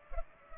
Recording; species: mosquito wingbeat signal from an infrared sensor; Culex pipiens